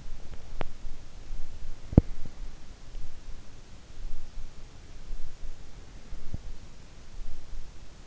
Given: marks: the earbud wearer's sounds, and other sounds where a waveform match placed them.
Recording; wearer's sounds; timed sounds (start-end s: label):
sounds in sleep by an in-ear microphone; body movement
0.34-0.96 s: body movement
1.92-2.11 s: body movement